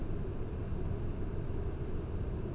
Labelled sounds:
none
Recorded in Germany
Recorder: ecoPi

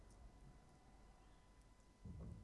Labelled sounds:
Tawny Owl (Strix aluco)
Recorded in Germany
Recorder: ecoPi

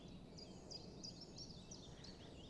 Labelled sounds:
Common Chiffchaff (Phylloscopus collybita)
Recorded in Germany
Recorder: ecoPi

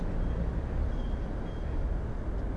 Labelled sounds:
Mallard (Anas platyrhynchos)
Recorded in Germany
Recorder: ecoPi

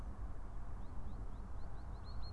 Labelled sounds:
Great Tit (Parus major)
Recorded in Germany
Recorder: ecoPi

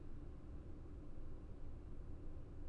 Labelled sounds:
none
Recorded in Germany
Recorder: ecoPi

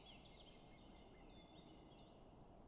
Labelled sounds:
Common Chiffchaff (Phylloscopus collybita)
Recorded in Germany
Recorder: ecoPi

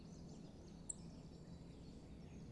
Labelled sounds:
Song Thrush (Turdus philomelos)
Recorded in Germany
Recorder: ecoPi

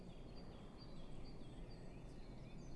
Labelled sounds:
Great Tit (Parus major)
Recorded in Germany
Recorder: ecoPi

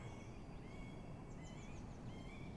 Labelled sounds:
Eurasian Blue Tit (Cyanistes caeruleus)
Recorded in Germany
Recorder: ecoPi

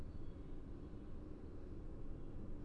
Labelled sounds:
none
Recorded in Germany
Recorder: ecoPi

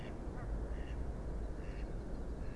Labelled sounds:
Mallard (Anas platyrhynchos)
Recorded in Germany
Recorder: ecoPi

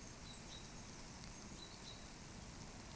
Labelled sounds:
Great Tit (Parus major)
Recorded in Germany
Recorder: ecoPi

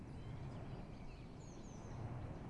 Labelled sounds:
Eurasian Blue Tit (Cyanistes caeruleus)
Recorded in Germany
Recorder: ecoPi

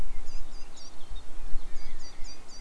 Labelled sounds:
Eurasian Blackcap (Sylvia atricapilla)
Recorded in Germany
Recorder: ecoPi

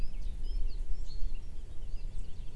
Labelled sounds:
Common Chaffinch (Fringilla coelebs)
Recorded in Germany
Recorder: ecoPi

